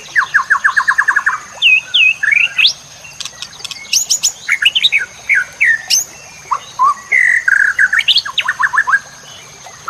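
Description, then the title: White-rumped shama singing a fast rattled series of notes, then varied whistles, sharp upswept notes and slurred phrases, with a steady high-pitched tone in the background. Used to teach song to cage birds. "MASTERAN MURAI BATU LABAIK"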